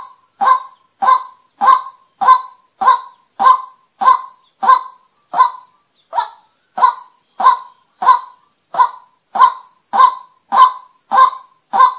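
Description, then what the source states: White-breasted waterhen calling in a steady run of short, gruff kwak notes, evenly spaced a little over half a second apart, with a continuous thin high whine behind. Call used as a lure for hunting at night.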